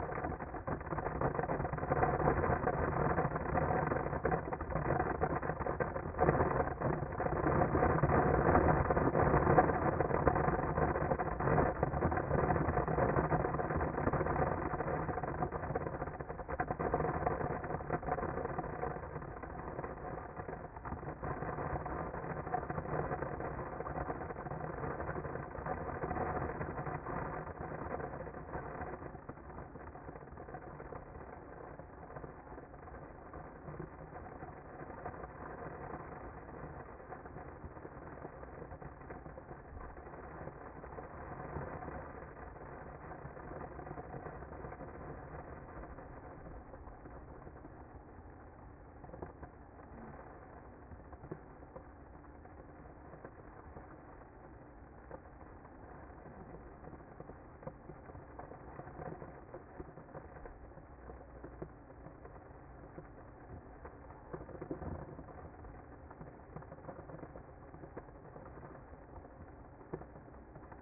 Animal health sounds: honeybee colony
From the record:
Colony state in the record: active

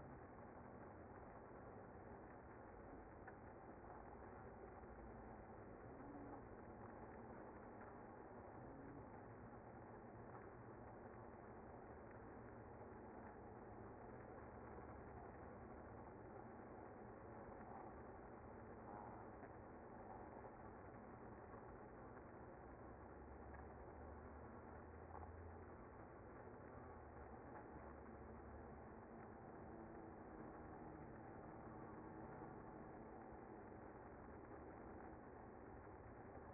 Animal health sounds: honeybee colony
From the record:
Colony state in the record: active

